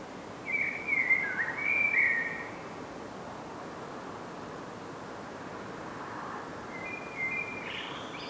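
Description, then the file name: Common blackbird song: two short fluted, warbling whistled phrases, the first lasting about two seconds, a brief second one near the end, with steady background hiss. "Turdus merula"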